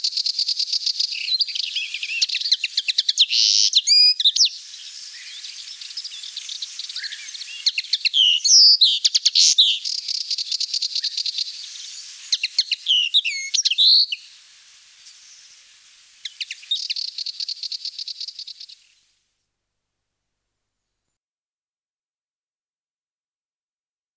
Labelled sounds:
Common Linnet song
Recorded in the wild
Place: Félines/Ardèche, FR
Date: 1991-05-08
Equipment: Dat-Recorder Casio DA 7, Telinga M2, stereo, Telinga-Parabolspiegel
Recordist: Schwarz, Dieter

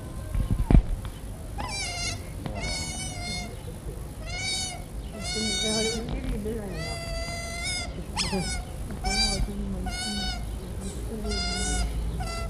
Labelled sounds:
European Otter call
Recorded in captivity
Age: juvenile
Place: Tierpark Berlin, Berlin, DE
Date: 1963-04-13 12:00
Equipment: Minifon, Kopie Smaragd
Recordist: Tembrock, Günter

